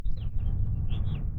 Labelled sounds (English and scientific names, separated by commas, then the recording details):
House Finch (Haemorhous mexicanus) song
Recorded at WGilgo Beach on Long Island, New York, on 22 May 1975
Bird C